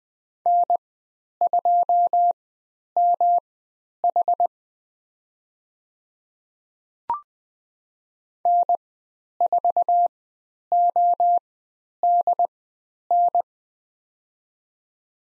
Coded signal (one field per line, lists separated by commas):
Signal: Morse code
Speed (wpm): 20 wpm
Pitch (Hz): 700 Hz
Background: none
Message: N2MH N4ODN